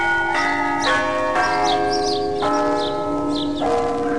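Church bells ring out in a series of resonant, overlapping strikes, about five peals spaced unevenly, each leaving a long shimmering hum that blends into the next. No one speaks.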